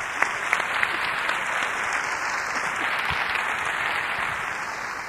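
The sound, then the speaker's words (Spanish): A crowd breaks into sustained applause for five girls called up to the front, a dense steady wash of many hands clapping at an even loudness for several seconds, with no voices standing out. “Vénganse, vamos a darles un aplauso a estas 5 chicas.”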